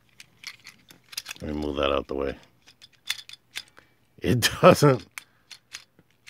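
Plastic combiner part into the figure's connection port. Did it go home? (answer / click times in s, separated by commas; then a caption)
no / none. A loose plastic combiner part of a Combiner Wars Battle Core Optimus Prime transforming figure is pushed into the figure's connection port, making light, rattly plastic taps around 0.2–1.2 s, 2.8–3.8 s and 5.7–6.3 s while someone talks. No locking click is heard: the part does not lock in at all, because a lip lets it come out too easily.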